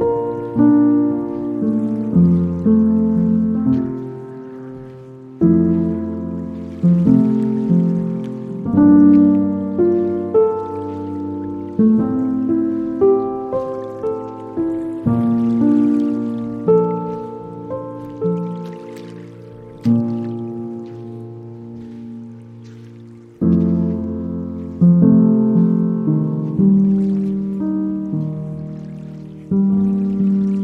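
Slow piano chords ring out over soft strings and a hushed, undulating synth drone, each chord swelling and fading before the next, roughly every two to three seconds. A faint trickle of lapping water sits low beneath the music throughout.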